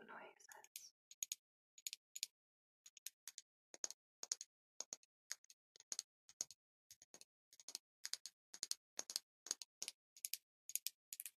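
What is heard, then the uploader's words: Sharp lid taps and clicks, bright, repeat in quick irregular pairs after a brief soft rustle at the start. Lid Sounds.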